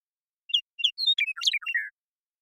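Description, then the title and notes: Western meadowlark singing: two quick whistled notes open a rich, bubbling series of fluty phrases, finishing on a lower slurred whistle. Song, isolated and processed from the original with natural pace and rhythm kept; recorded in the Pacific Northwest, Washington, United States. "Western Meadowlark, Sturnella neglecta, song, contact calls, and flush, isolated and processed from original, natural pace and rhythm maintained, family: Troupials and Allies Recorded in the beautiful Pacific Northwest in Washington, United States"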